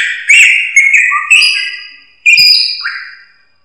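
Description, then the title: Drongo calls: several ringing whistled notes that rise and fall, with a short pause before a final pair of notes. "Suara Srigunting. Hobiburung"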